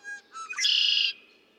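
Red-winged blackbird song: two brief clear notes, then a rough rattling trill sustained for roughly half a second before cutting off.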